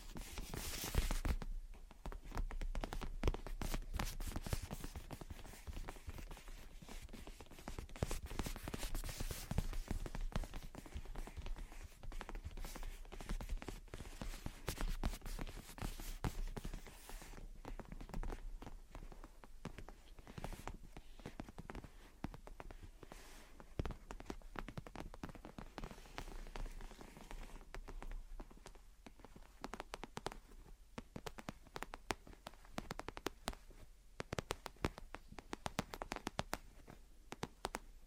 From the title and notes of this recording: Gentle Tapping and Scratching. (No Talking).